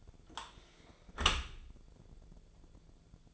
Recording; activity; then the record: daily activity, microphone in the room; close dishwasher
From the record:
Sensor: 5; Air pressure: 1000.6 hPa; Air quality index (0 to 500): 154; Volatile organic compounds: 2 ppm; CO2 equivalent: 1181 ppm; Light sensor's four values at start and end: 45/102/44/48 and 45/102/44/47